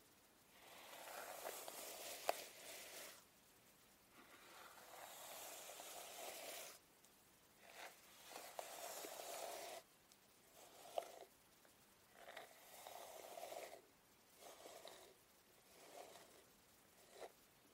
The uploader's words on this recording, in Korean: Hair brushing. 슥슥 고데기 하는 소리.